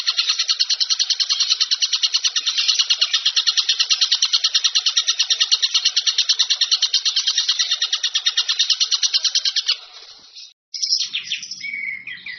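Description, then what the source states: Bird chattering in rapid, harsh, high pulses for about ten seconds, then a brief break and varied whistled notes. Masteran compilation of bird song, described as the most complete.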